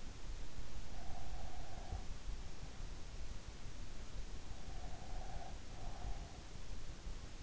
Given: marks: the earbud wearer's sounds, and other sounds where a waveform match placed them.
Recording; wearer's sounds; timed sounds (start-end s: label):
sounds in sleep by an in-ear microphone; breath
0.84-2.21 s: breath
4.58-6.53 s: breath